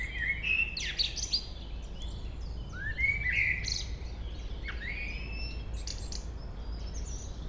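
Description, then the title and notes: Common blackbird song: fluting warbled phrases ending in thin high squeaky twitters, with a steady low rumble of background noise. Local bird singing at Chemin des cris, Chindrieux, France. "Chemin des cris, 73310 Chindrieux, France - Merle. Un beau chant de merle local"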